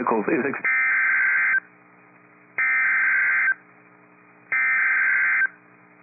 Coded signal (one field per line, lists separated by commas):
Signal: Emergency Alert System (SAME) tones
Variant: header bursts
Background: speech